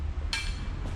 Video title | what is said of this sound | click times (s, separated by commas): How To Fix Sloppy Old Wipers 91' CRX! | get this bushing put back on boom hear that click how satisfying that is and | 0.3 s